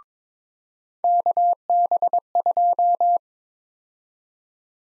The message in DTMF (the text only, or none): none